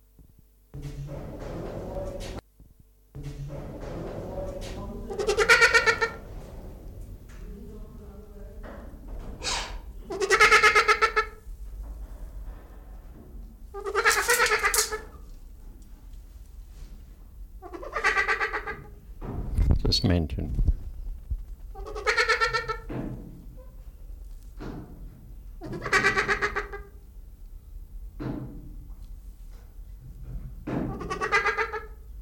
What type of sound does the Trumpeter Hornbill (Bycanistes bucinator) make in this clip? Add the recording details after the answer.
call. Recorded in captivity. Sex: pair. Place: Zoo Berlin, Berlin, DE. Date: 1996-02-24 12:19. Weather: heiter, -6°C. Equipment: Sony WM-D6C, Sennheiser ME 80, Kopie Uher 4000 Report Monitor. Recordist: Tembrock, Günter. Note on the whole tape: Männchen Lautfolgen (z.T. beim Putzen) vor der Höhle, Weibchen in der Höhle